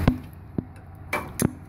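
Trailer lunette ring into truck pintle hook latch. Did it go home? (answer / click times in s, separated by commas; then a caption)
yes / 1.1 s, 1.4 s. A trailer lunette ring is set into a truck's pintle hook, and the steel latch snaps shut over it, seating the hitch. A couple of quieter metallic knocks are followed by two loud, sharp clicks at 1.1 s and 1.4 s as the latch closes.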